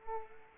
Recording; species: mosquito wingbeat signal from an infrared sensor; Culex pipiens